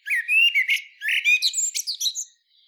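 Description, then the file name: Common blackbird singing two quick mellow warbled phrases ending in shrill squeaky twitters. "Turdus merula"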